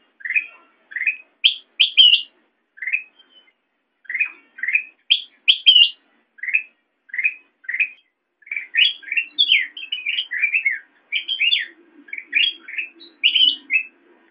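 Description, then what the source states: Sooty-headed bulbul repeating short, lively chirped notes, becoming a faster, denser twittering run in the second half. Tutor song (masteran) for training songbirds.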